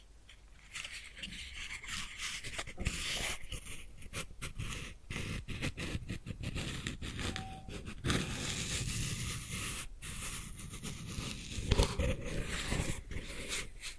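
A match flame crackles and sizzles in a dense, irregular stream of tiny pops and hisses that fill the whole clip. Sharper snaps stand out near 3, 8, 10 and 12 seconds, and a brief faint tone appears around 7.5 seconds.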